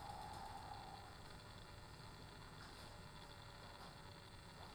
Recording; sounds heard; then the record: poultry house recording; no chicken sound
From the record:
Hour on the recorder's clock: 15